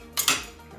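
A metal blade wrench is pressed down and worked free from the spring-loaded storage holder on the older DW704 saw. Two sharp metallic clanks ring out at 0.2 s and 0.3 s, and the wrench comes out of the holder.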